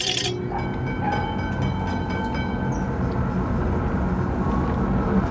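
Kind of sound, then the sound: vehicle, subway train passing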